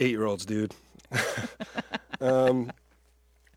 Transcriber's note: laughter